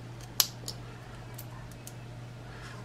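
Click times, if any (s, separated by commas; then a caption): 0.4 s. A new band connector is slid into the band slot of a smartwatch and locks into place with a sharp, loud click at 0.4 s. A softer click follows at about 0.7 s, and faint ticks occur near 1.4 s and 1.9 s over a steady low hum. The band is seated.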